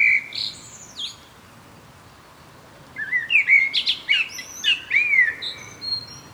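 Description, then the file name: Common blackbird giving a brief whistled phrase, falling quiet, then delivering a longer mix of mellow fluting and shrill twittering notes. "Turdus merula"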